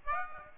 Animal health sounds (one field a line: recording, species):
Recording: mosquito wingbeat signal from an infrared sensor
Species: Aedes aegypti